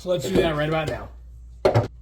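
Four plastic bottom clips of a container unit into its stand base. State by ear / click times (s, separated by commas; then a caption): seated / 1.7 s. Someone talks, then four plastic clips on the bottom of a container unit are pushed onto its plastic stand base, taking care not to crack the flexible plastic. A sharp plastic snap comes at 1.7 s, with a second quick knock right after, and the clips are seated in the base.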